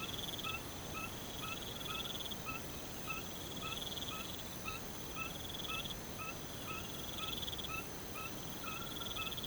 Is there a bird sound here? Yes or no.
no